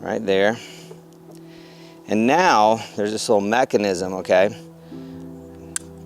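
Someone talks while working the small locking mechanism on a track-mounted kayak rod holder. A sharp, bright click sounds at 5.8 s as the mechanism clicks into place and the rod holder is locked in.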